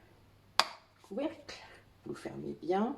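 A plastic flip-top cap is pressed shut on a squeeze bottle of homemade toilet cleaning gel, giving a single sharp snap at 0.6 s as it clicks into place. Someone then talks, noting it must be closed well because it latches so firmly it has to be pried open with pliers.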